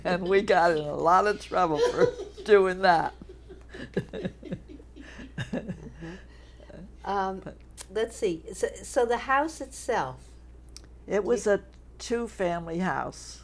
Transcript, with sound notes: And we got in a lot of trouble for doing that. [laughter]
Uh-hmm. Let's see. So — so the house itself —
It was a two-family house.